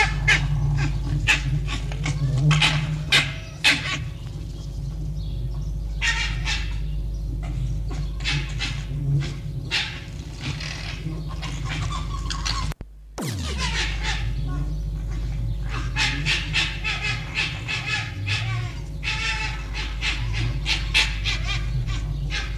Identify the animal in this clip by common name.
Red Fox